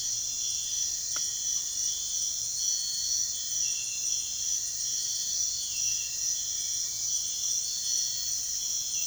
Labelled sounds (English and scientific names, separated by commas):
none